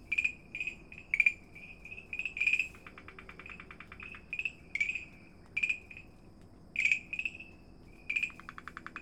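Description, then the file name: Farmland green treefrog calling in clear tonal notes repeated in quick pairs and triplets, mixed with rapid buzzy pulse trains. Recorded at Dalin on 30 May 2009. "090530 dalin farmland treefrog"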